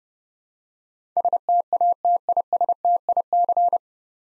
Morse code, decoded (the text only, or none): STATISTIC